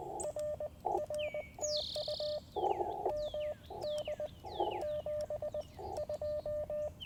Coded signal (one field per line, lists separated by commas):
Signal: Morse code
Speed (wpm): 20 wpm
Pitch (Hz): 590 Hz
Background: radio noise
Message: R R TU MD 72